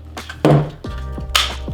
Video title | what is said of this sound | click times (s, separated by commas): The Top 10 Best Accessories for the Oculus Quest 2 in 2023 | and then pops into place and then you got boom boom boom boom boom boom boom | 1.4 s